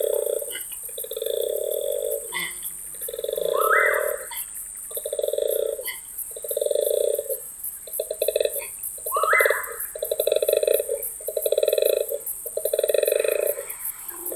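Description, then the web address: Koala bellow: long series of rough, pulsing snorts and grunts broken by brief gaps, with two upward-sliding whines. Recorded in September 2012. "2012 09 koala"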